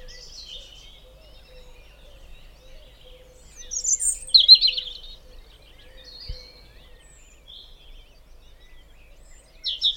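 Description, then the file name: European robin giving scattered high, thin notes and one brief burst of quick twittering, with long quiet gaps between phrases. "Erithacus rubecula"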